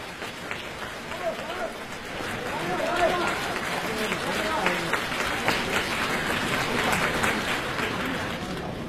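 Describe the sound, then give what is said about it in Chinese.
A dense wash of audience applause for a crosstalk (xiangsheng) comedy performance, steady clapping that builds slightly after the first couple of seconds and holds at a strong, even level throughout, with faint voices mixed in. “谢谢大家掌声。”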